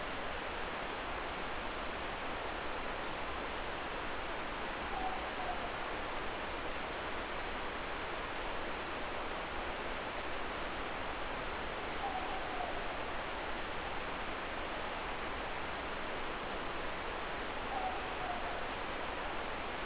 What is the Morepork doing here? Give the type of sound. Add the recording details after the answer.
more-pork call. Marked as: faintness 3/5. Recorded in New Zealand. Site Eglinton